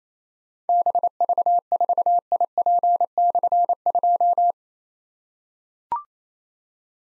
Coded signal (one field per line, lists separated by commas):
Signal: Morse code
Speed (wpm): 29 wpm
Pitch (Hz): 700 Hz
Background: none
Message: BV4IP/2